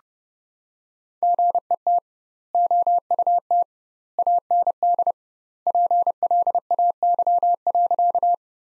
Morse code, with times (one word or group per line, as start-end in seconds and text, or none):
1.2-2.0 GET
2.5-3.6 OUT
4.2-5.1 AND
5.7-8.3 PLAY.